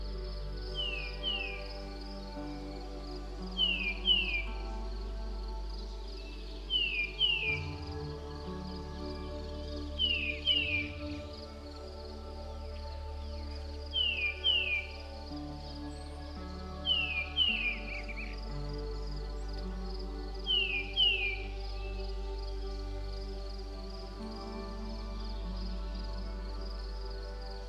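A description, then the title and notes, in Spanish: Forest songbirds call in short bright bursts, a quick pair of chirps repeating roughly every three seconds. Beneath them runs soft, sustained music with low held tones that change chord around eight and eighteen seconds, plus a faint high shimmer throughout. PÁJAROS Cantantes, MÚSICA Suave. Escucha cómo los pájaros cantantes del bosque se mezclan con una música suave, creando un ambiente ideal para un sueño profundo.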